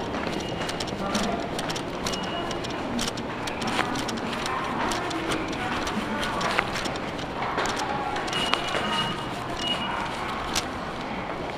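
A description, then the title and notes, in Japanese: Inside a local train running toward a city station, a steady low rumble and rattle of the carriage fills the whole stretch. Sharp clicks and clacks from the wheels and car body come irregularly, with brief high tones around two, four and eleven seconds. 東海道本線 普通列車 南大高→名古屋。東海道本線の普通列車はこまめに停車していくので、モーター音がよく聞こえます。４両編成。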